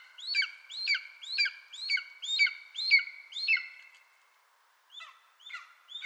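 Bird gives a run of seven evenly spaced, nasal, downslurred notes, then a pause and three softer notes.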